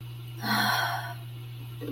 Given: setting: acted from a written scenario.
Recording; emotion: vocal sound without words; romantic love